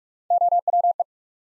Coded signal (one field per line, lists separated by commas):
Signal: Morse code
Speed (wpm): 44 wpm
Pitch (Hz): 700 Hz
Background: none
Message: OWE